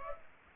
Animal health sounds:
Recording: mosquito wingbeat signal from an infrared sensor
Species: Aedes aegypti

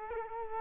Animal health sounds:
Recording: mosquito wingbeat signal from an infrared sensor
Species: Culex quinquefasciatus

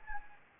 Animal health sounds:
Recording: mosquito wingbeat signal from an infrared sensor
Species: Anopheles gambiae

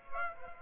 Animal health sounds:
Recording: mosquito wingbeat signal from an infrared sensor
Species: Aedes aegypti

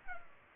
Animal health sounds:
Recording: mosquito wingbeat signal from an infrared sensor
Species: Culex pipiens

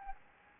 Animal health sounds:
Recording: mosquito wingbeat signal from an infrared sensor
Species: Anopheles gambiae

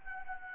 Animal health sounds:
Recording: mosquito wingbeat signal from an infrared sensor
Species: Anopheles arabiensis

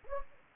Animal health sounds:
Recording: mosquito wingbeat signal from an infrared sensor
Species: Anopheles gambiae

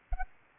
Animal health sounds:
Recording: mosquito wingbeat signal from an infrared sensor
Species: Anopheles arabiensis

